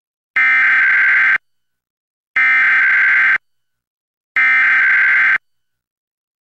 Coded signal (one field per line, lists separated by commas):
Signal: Emergency Alert System (SAME) tones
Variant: header bursts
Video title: EAS #1101-1102: 2 EAS Required Monthly Tests- Aug. 5, 2025- 12:15AM PDT